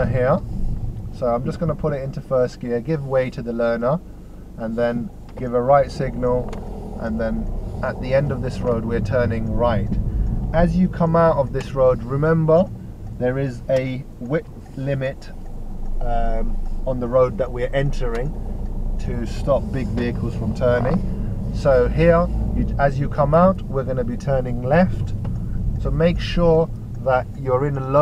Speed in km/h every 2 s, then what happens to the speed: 2, 0, 6, 13, 13, 8, 0, 2, 8, 13, 15, 13, 10, 5.
0-3 standing. 3-6 pulls away to 13. 9-11 brakes to 0. 11-14 standing. 14-19 pulls away to 15. 23-28 slows to 5.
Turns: 15-18.